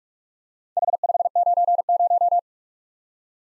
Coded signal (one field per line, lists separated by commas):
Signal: Morse code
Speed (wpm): 46 wpm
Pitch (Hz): 700 Hz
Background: none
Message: H590